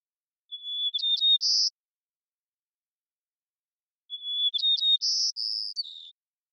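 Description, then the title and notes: White-crowned sparrow song: a whistle and chips ending in a buzz, then after a pause a fuller phrase with whistle, chips, buzzy trills and a falling close. Long performance of repeated song in the Pacific Northwest, Washington, United States; parabolic microphone. "White-crowned Sparrow, Zonotrichia leucophrys, long performance with repeated song, parabolic recording. Recorded in the beautiful Pacific Northwest, Washington, United States"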